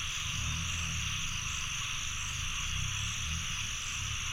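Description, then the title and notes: Frogs croaking in a low, dense chorus of overlapping rumbling calls, with a steady hiss of insects or other high background sound throughout. Frogs croaking after heavy rainfall in Chiang Mai, Thailand. "Frogs croaking after heavy rainfall in Chiang Mai, Thailand. Alex Boyesen"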